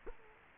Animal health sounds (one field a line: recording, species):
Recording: mosquito wingbeat signal from an infrared sensor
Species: Culex quinquefasciatus